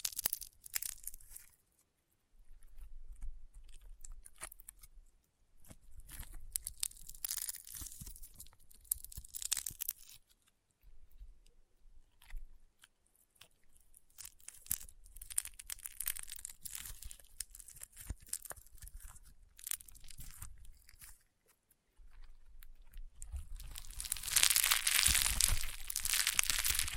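Crunchy, popping slime being squeezed and pressed, with dense bursts of sharp crackles and tearing sounds in irregular waves separated by short silences. Activity builds toward the end, where a loud, bright stretch of continuous crackling dominates the last few seconds.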